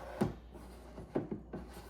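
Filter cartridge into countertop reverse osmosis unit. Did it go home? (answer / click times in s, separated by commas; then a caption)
no / none. The first filter cartridge of a Frizzlife WB99-C countertop reverse osmosis unit is set into its notched socket and settled until it drops into place, producing handling knocks of the plastic cartridge against the housing at about 0.2, 1.3 and 1.5 seconds. The cartridge has not been twisted, and nothing has locked or clicked yet.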